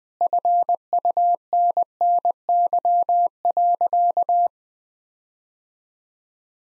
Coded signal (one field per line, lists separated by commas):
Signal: Morse code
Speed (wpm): 20 wpm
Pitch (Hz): 700 Hz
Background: none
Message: FUNNY.